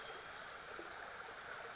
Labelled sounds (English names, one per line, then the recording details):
Western Flycatcher
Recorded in Sonoma County, California